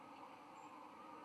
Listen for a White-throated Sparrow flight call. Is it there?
no